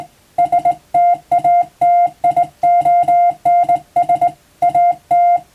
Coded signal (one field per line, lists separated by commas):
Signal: Morse code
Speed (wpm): 20 wpm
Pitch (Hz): 700 Hz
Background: music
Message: STATIONS AT